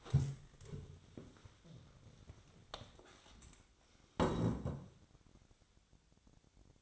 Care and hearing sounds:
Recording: daily activity, microphone in the room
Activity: stand up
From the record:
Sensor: 3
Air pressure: 1000.4 hPa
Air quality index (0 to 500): 168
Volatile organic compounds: 3 ppm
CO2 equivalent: 1468 ppm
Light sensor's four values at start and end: 15/34/15/15 and 14/33/14/15

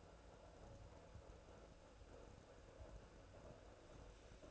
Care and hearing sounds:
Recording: daily activity, microphone in the room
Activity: make coffee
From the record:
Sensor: 2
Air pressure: 1009.3 hPa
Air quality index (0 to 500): 187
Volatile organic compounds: 11 ppm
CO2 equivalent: 2322 ppm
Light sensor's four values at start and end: 24/59/25/27 and 24/59/25/27

